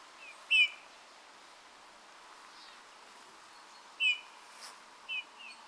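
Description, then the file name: Eurasian bullfinch soft piping calls, a clear whistled note near the start, another about three and a half seconds later, then a few fainter notes, with light background hiss. "Pyrrhula pyrrhula"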